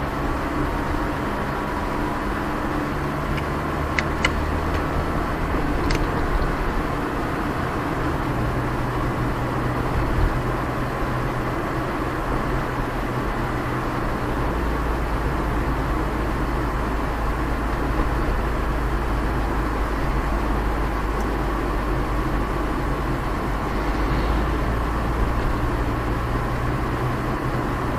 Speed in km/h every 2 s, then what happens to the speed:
27, 30, 35, 39, 40, 42, 43, 43, 41, 41, 40, 39, 39, 40.
0-11 speeds up to 43. 11-28 steady at about 40.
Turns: none.